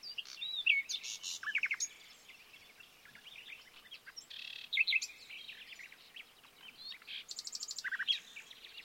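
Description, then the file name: Common nightingale singing varied phrases of whistles, fast rattling trills and chirps over a soft hiss of background noise, with brief quiet gaps between bursts. "Luscinia megarhynchos"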